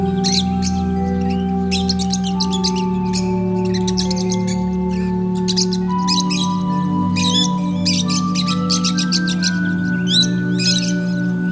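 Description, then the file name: Lovebirds chattering in loud bursts of sharp, high squeaky notes, gaps between volleys, with a humming tonal background throughout. Lovebirds, used for audio therapy. "audio terapi lovebirds"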